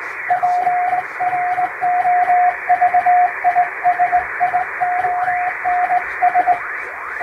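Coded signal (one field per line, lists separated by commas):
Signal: Morse code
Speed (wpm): 22 wpm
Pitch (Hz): 720 Hz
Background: radio noise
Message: PROVISIONS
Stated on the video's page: Recreation of shortwave Morse like coast station traffic, with added noise and fading, for receiving practice.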